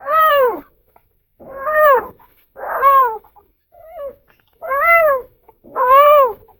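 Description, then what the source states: Fox pup whining, five loud, drawn-out arched whines, plus one soft, short whimper in the middle. A single fox pup, described as happy.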